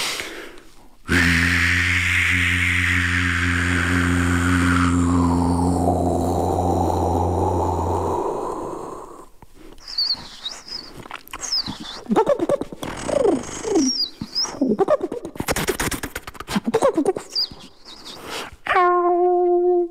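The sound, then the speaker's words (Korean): A voice imitates an Amazon rainforest soundscape as a vocal impression on the SBS Power FM radio show Wendy's Young Street, with a little echo added: a deep, droning hum with rich overtones for several seconds, then a busy stretch of chirps, whistles and rapid bird-like calls, ending on a sustained tone. “대자연 아마존으로 청취자분들을 초대합니다.”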